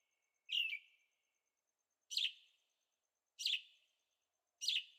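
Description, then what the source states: Bird song: four single buzzy chirped notes spaced roughly a second or more apart, with silence between. Birds singing at night in Carefree, Arizona; recorded with a Zoom H6 and stereo microphones.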